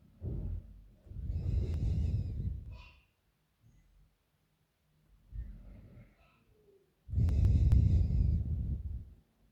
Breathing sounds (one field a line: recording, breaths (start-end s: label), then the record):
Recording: nose breathing near a microphone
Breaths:
0.00-0.92 s: inhalation
0.92-2.52 s: exhalation
4.94-7.00 s: inhalation
7.00-9.05 s: exhalation
From the record:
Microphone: phone